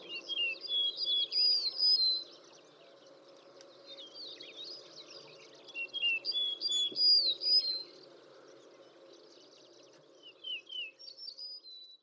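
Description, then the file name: Yellow-breasted bunting song, three bright phrases of clear, sliding whistled notes, each about two seconds long and separated by pauses, over a steady low hum. Recorded 12 June 2004, Ikeda, Hanada. "shimaaoji 040612 ikeda hanada"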